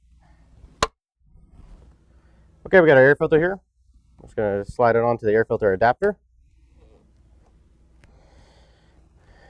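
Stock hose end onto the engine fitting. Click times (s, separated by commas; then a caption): 0.8 s. On a 2016–18 Camaro SS 6.2L getting a Flowmaster Delta Force Cold Air Intake 615102, the other end of the stock hose is snapped down onto the engine fitting, giving one loud, sharp snap at 0.8 s. The hose end is seated on the engine, and then someone talks.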